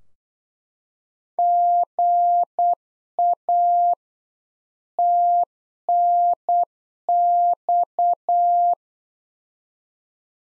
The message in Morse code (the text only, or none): GA TNX